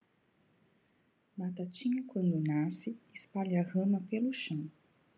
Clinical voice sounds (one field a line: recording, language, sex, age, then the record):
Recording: short text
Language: Brazilian Portuguese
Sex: female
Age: 40 to 49 years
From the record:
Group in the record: control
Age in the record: 41 years